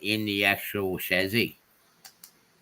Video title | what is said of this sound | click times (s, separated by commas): Cab Crew Wednesday. Trains have been swapped out. #Cab Crew Wednesday | look at that it does it just snaps in perfectly there you go | 2.0 s, 2.2 s